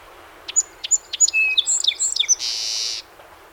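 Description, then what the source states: Song sparrow song: a few clear high introductory notes, then quick varied chips and trills ending in a harsh buzzy note. Recorded 7 June 2018, part of a set of 21 songs.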